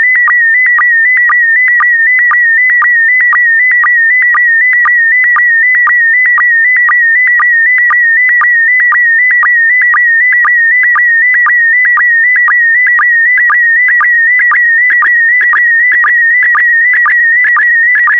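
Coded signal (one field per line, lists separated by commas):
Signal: SSTV (slow-scan television)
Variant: PD120 mode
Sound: steady warbling tone around 2 kHz with rhythmic low blips about twice a second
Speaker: complete. You can now check your decoded image against the picture that is shown on the video.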